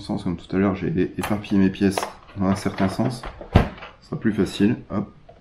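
During reassembly of a Xiaomi Roborock robot vacuum being repaired for error 18, a plastic part, likely a cover piece, is handled and pressed toward the chassis while someone talks throughout. A brief sharp handling sound occurs around 3.6 s, but the part has not clicked or seated into place yet.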